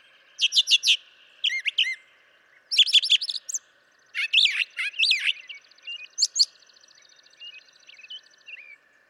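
Brown Thrasher delivering varied chirpy phrases, some repeated twice, with clear slurred whistles and a soft buzzy trill in the background.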